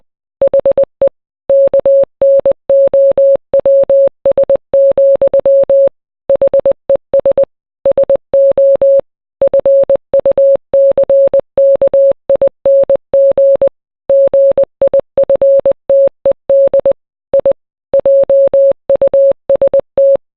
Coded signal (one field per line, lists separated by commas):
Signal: Morse code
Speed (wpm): 20 wpm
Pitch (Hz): 550 Hz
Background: none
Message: HE KNOWS, HES SO FUCKING GIFTED I JUST